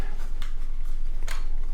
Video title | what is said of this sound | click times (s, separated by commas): BWINE F7 Mini GPS Drone Review & Tutorial (Unboxing, Setup, Test Flight) #drone #Fly #review #fun | the arms lock into place really well | 0.4 s